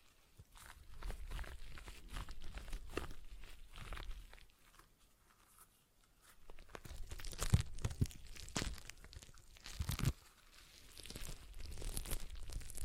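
A stress ball is squeezed in bursts of crinkly, crunching squishes, with quiet pauses near five seconds and ten seconds, and sharp pops around 7.5 seconds.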